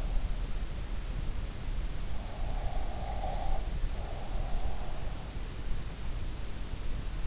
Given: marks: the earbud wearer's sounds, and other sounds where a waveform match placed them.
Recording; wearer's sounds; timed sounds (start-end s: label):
sounds in sleep by an in-ear microphone; breath
2.34-4.87 s: breath